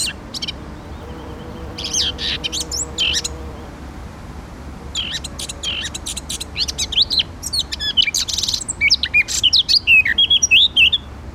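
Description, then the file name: Eurasian blackcap song: short scratchy bursts with gaps, building into a fast, continuous warble of fluty whistles and chattering notes toward the end. "Sylvia atricapilla"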